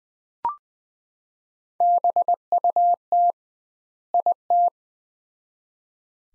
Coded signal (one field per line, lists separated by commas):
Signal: Morse code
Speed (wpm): 20 wpm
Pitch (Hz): 700 Hz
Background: none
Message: BUT IT